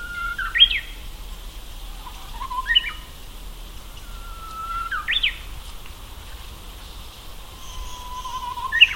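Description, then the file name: Japanese bush warbler song: four phrases, each a long low whistle rising into a sharp, quick flourish, repeated at uneven gaps of about two to four seconds over a steady faint background hiss. Recorded at Akasaka on 2 April 2022. "uguisu akasaka"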